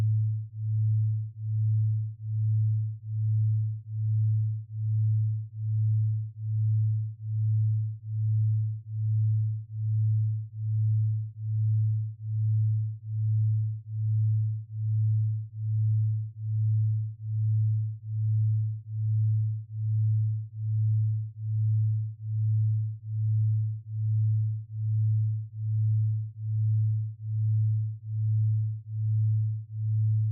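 A low, pure tone near 108 Hz hums without pause, swelling and fading in a slow, even pulse a little faster than once per second. The pitch never changes, and there is nothing else above it, only silence.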